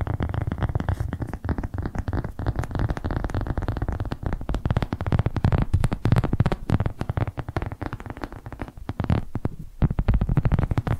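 Rapid tapping on a surface fills the whole stretch, a dense, irregular patter of short knocks with a soft, full low end. The taps come in quick bursts with brief gaps, including a short pause near the ninth second, over a faint steady hiss.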